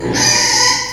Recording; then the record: squeal of a Yucatan mini pig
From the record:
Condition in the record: before surgery on the right vocal fold (resection and tissue-engineered implant); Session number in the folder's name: 2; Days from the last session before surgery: 0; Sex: male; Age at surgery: 12 weeks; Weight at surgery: 13 kg